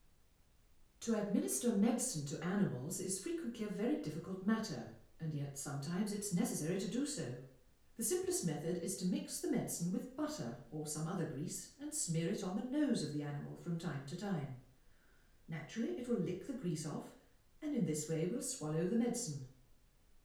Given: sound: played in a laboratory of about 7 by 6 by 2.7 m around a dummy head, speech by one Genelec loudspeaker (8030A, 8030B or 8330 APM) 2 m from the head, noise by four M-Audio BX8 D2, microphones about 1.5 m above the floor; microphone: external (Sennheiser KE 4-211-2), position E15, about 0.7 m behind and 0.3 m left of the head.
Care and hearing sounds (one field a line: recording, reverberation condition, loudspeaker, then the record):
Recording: female speech in English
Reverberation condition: medium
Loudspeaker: 30 degrees to the right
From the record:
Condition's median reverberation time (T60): about 510 ms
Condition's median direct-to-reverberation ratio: about -0.5 dB